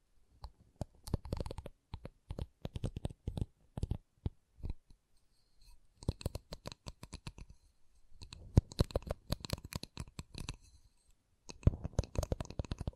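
Crisp wooden taps and scratchy clicks come in dense bursts separated by short pauses, some sharp knocks reaching low and bright tones.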